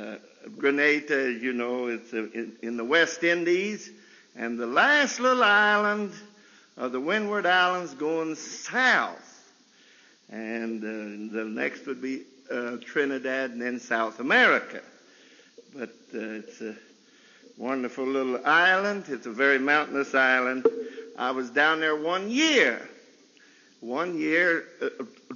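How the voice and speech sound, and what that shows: Adult man preaching a sermon at a college chapel service, narrating mostly fluently with stretched sounds, pauses and a repeated phrase: mild stuttering disfluencies. Lifelong stutter since age 2 or 3, following severe whooping cough, now much improved; he gets stuck on sounds such as F, V, B and TH.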